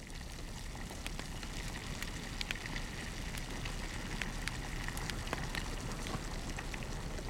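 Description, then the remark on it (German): An open fire in a mountain cave crackles with scattered sharp pops over a steady hissing bed as a tea kettle steams on the flames, with no one speaking. “Er führt sie zu seiner Berghöhle, in der auf dem offenen Feuer der Teekessel dampft.”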